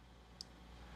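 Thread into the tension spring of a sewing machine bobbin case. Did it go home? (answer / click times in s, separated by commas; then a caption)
yes / 0.4 s. The bobbin is held steady with a thumb while the thread is guided through the small groove of a Consew single needle sewing machine's metal bobbin case and pulled under the tension spring. A single sharp, high-pitched pop sounds at 0.4 s over a low, steady background hum. The pop shows the thread is caught in place under the spring.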